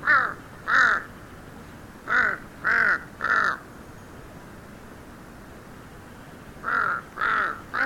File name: kaka